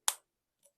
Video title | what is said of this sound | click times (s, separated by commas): Angel Share… Another Clone 🤦🏾 Does It Deserve the Hype?! Enigma Deux - Supreme Lhomme EDP 1st IMP | cap snaps in the place | 0.1 s